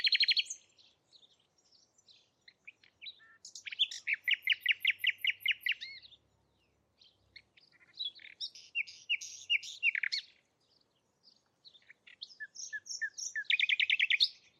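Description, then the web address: Bird song, several loud phrases of fast repeated chirps and varied twittering notes, separated by short gaps. "Bird Only"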